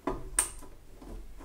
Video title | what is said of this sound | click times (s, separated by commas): Mon 1er DD + reveal nouveau décor ! | le petit clic on l'a entendu ok la | 0.4 s